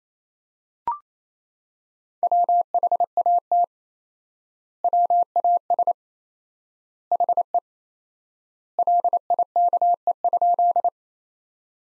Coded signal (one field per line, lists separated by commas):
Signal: Morse code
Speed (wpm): 28 wpm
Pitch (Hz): 700 Hz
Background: none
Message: WHAT WAS HE LIKE?